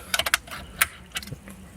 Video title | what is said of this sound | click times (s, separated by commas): How To Remove Audi MMI Audi A4 B8.5 A5 Q5 2008-2016 | until you hear it click and then another one would | 0.3 s